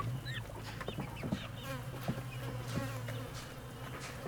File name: Galinheiro perto de estrada galinhas pintinhos vozerio